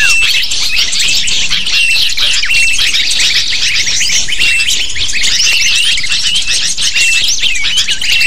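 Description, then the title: Lovebirds in a noisy flock, piercing chirps and twittering calls crowded together throughout, steady and unbroken. Lure recording (pikat) used to attract lovebirds. "PIKAT BURUNG LOVEBIRD"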